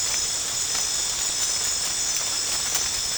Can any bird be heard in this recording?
no